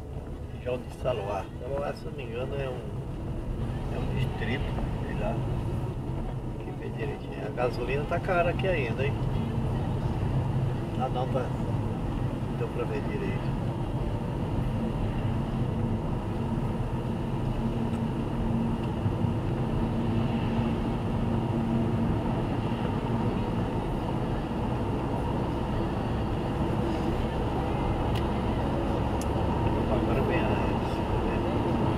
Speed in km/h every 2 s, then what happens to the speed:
33, 39, 41, 45, 47, 48, 49, 52, 55, 57, 61, 65, 71, 76, 81, 85.
0-32 speeds up to 85.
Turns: none.